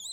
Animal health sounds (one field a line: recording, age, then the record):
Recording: pig call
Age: piglet (1 to 25 days)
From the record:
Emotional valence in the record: negative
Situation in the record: long isolation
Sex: male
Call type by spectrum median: high-frequency call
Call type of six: low-frequency tonal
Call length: 0.13 s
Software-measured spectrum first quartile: 3836 Hz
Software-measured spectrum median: 5508 Hz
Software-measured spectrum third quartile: 7646 Hz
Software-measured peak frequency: 4058 Hz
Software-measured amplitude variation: 92 dB a second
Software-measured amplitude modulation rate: 7.8 a second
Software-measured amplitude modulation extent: 11.8 dB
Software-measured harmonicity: 20.1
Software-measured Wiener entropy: -5.67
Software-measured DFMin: 662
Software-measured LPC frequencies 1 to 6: 835, 3345, 3705, 4042, 6619, 7051 Hz